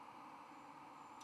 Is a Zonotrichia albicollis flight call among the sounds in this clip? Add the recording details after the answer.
no. No flight call is heard. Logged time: 00:29 on 23 November 2014